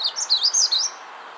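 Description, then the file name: Magnolia Warbler song: a short, quick phrase of high, sweet slurred notes bouncing up and down, lasting under a second, then quiet. "Setophaga magnolia - Magnolia Warbler"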